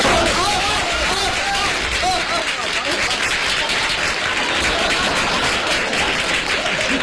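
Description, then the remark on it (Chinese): A person excitedly claps his own hands. The clapping fills the whole stretch as a dense, steady patter of claps with no pauses, fairly loud, with a murmur of voices mixed underneath. “激动也不是这样，自个儿鼓掌干嘛？”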